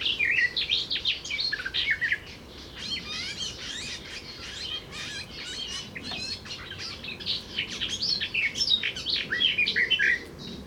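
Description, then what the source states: Garden warbler song: long, rapid phrases of rich, liquid warbling notes, a brief pause near two seconds, then steady flowing warbling continuing to the end. Recorded at Murnauer Moos on 7 July 2013.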